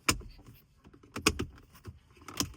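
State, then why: Seated. A plastic interior trim panel in a Dodge Charger or Challenger is set back in place and pushed down during a neutral strap anti-theft install. Sharp plastic clip snaps are heard at 0.1 s and 1.3 s, with softer knocks around them and another at about 2.4 s. The clips engage and the panel is seated, fitting snug again.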